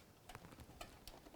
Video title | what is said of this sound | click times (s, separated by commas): LIVE - Building the Beast! PART 3 | Yeah, there was a little click, and then I give it a light pull to make sure it doesn't fall out, because that would suck if it | 1.1 s